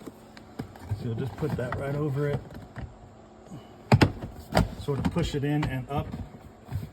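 On a 2021 Tesla Model Y, the plastic cover panel over the cabin air filter housing is held up against the footwell trim and pushed up by hand while someone talks. Brief sharp handling sounds stand out around 3.9 and 4.0 seconds, but the cover has not seated or clicked into place yet.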